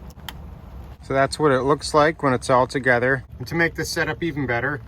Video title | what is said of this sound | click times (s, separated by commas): Easy Truck Camper Water Setup - DIY 12v Solutions + Scout Truck Camper | here's the electrical one it also just clicks in there pretty easily | 0.3 s